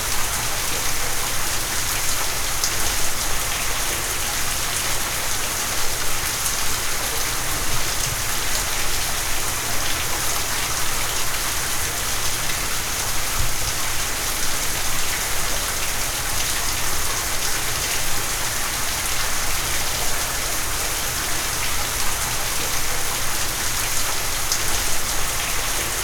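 Heavy rain splashes down steadily and densely, a constant bright hiss with a low rumbling undertone that never lets up across the clip.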